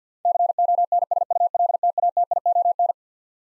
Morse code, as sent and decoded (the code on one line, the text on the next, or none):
-.-. --- -. ... ..- .-.. - .- - .. --- -.
CONSULTATION